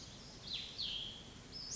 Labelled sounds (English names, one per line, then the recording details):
Cassin's Vireo
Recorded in Sonoma County, California